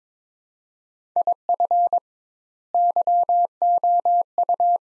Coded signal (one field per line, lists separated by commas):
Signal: Morse code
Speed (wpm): 23 wpm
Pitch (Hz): 700 Hz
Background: none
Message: IF YOU